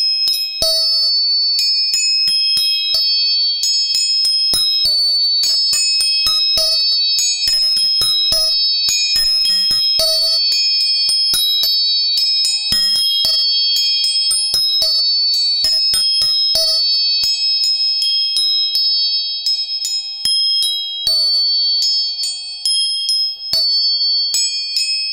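Tuning forks are struck again and again, their clear, high tones ringing on steadily while fresh metallic taps land every fraction of a second. Bright pings stack over the lingering hum, a lower ring surfaces now and then, and the level stays even throughout.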